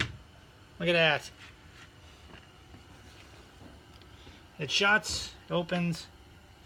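A cabinet door that has just been hung on a wooden bar cabinet is handled and moved while someone talks in two short bursts, with faint, quiet handling noise in between. The door's catch has not clicked shut yet, and nothing has seated by the end of the clip.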